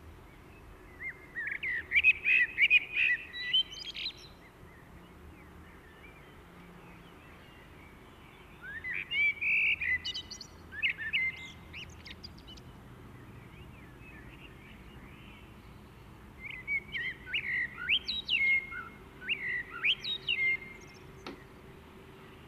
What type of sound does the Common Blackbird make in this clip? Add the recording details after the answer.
song. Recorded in the wild. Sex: male. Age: adult. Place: Garmisch-Partenkirchen, Bayern, DE. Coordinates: 47.4892, 11.1467. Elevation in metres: 955. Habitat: mountains. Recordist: Tretzel, Erwin